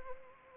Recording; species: mosquito wingbeat signal from an infrared sensor; Anopheles arabiensis